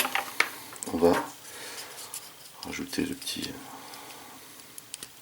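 A small plastic cap is handled beside the rear left reflector assembly of a 1/8 scale Ecto-1 model car while someone talks, with light plastic ticks and taps throughout. Nothing has seated or clicked yet; the cap is not yet home.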